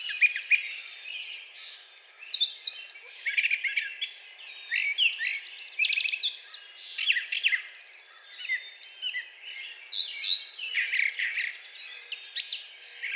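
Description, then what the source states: Brown thrasher song: a long run of varied, rich phrases, some harsh, delivered in quick bursts with short pauses. Recorded 4 June 2020.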